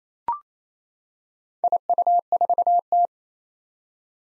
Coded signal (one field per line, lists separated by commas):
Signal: Morse code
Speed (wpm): 29 wpm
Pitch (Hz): 700 Hz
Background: none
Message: IU4T